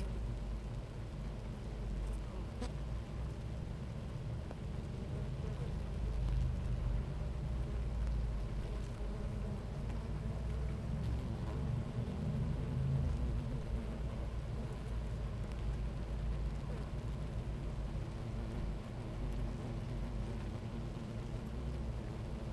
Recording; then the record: honeybee colony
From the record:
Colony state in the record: active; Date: 28 July 2017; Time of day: 10:31